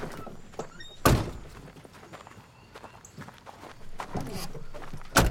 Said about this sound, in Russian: Сэм распахивает дверь и выбирается из машины.